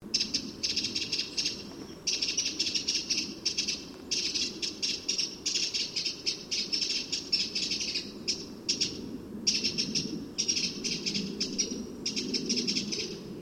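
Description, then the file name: Eurasian wren: harsh, buzzy rattling bursts of varying length, repeated with brief pauses, over low background noise. "Troglodytes troglodytes"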